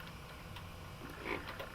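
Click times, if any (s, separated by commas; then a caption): none. The spring-loaded stitch finger lever on a Singer Pro 5 serger sewing machine is pulled out against its spring and rotated counterclockwise toward its stowed position. Soft, faint ticking is heard during the rotation, with no sharp hit. The lever has not yet snapped into the stowed position.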